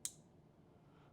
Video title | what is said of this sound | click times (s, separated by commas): Spending $100 at SMKW - What did I get? | there's the snap let's see | 0.0 s